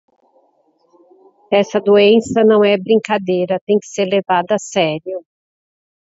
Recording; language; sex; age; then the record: short text; Brazilian Portuguese; female; 50 to 59 years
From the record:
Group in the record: control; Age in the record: 50 years